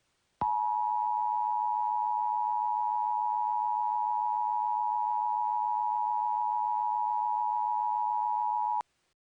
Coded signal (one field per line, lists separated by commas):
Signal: Emergency Alert System (SAME) tones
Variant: 853 and 960 Hz attention tone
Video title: California Nightmare (A EAS mini Scenario)